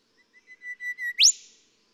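Golden whistler song: a run of steady whistled notes swelling in loudness, ending in a sharp, loud upswept whip-crack note.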